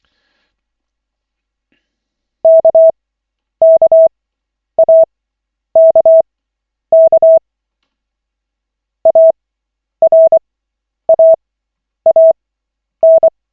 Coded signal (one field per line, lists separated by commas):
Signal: Morse code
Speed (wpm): 24 wpm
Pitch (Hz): 650 Hz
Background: none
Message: KKAKK ARAAN